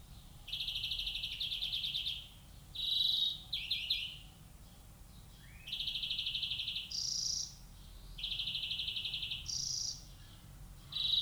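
European greenfinch alternating rattling buzzy trills with short nasal wheezes, several phrases in a row, high in pitch.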